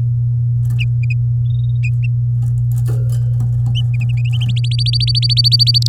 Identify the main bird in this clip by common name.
Domestic Canary